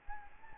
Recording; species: mosquito wingbeat signal from an infrared sensor; Anopheles gambiae